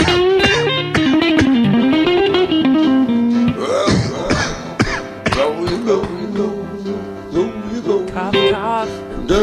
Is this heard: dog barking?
no